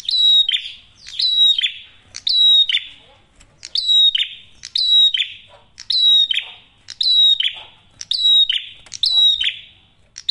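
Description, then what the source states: Prinia song: sharp click, a clear high whistled note, then a buzzy falling rasp. The phrase repeats roughly once a second, with short pauses between bursts. Masteran tutor audio for training songbirds; prenjak merah singing actively with a clear voice.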